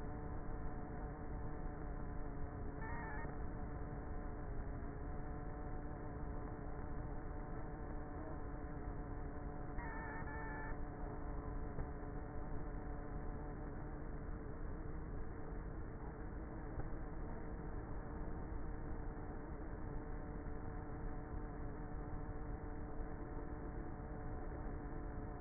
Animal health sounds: honeybee colony, microphone inside the hive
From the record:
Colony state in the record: queenless with a low population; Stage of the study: before two queens were removed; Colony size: about 30,000 bees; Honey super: no

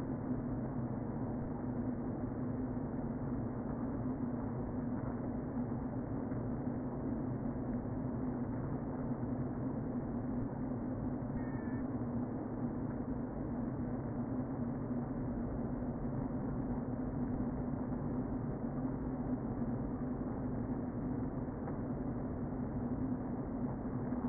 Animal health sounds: honeybee colony, microphone inside the hive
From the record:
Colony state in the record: queen present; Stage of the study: before two queens were removed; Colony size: about 60,000 bees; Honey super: yes

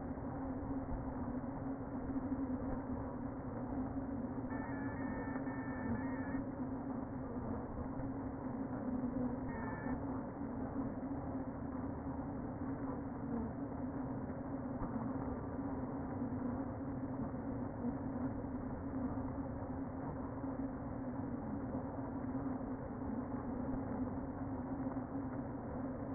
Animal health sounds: honeybee colony, microphone inside the hive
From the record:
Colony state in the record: queen present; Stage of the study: before two queens were removed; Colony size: about 60,000 bees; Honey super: yes

